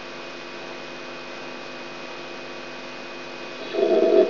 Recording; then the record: brain microelectrode recording played as sound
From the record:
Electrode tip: outside the subthalamic nucleus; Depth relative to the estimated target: -8 mm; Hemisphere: right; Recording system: AlphaMap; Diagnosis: Parkinson's disease